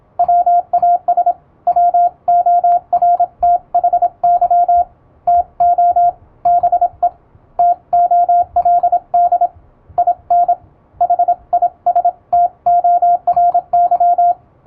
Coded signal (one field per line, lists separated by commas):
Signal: Morse code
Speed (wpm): 26 wpm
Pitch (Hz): 700 Hz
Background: radio noise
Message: WAS WORTHY TO BE TOLD IN HISTORY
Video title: モールス信号を打ってみた！エレキーを使うと高速でモールスが打てます！欧文モールス符号を欧文練習帳で打ってみました、YouTubeの再生速度を調整して聴いてみよう morse code practice